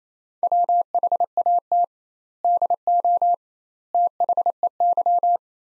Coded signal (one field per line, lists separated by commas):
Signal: Morse code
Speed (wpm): 28 wpm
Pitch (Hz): 700 Hz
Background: none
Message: WHAT DO THEY